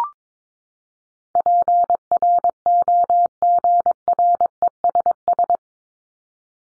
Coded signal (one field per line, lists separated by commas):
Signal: Morse code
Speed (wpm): 22 wpm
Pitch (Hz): 700 Hz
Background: none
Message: PROGRESS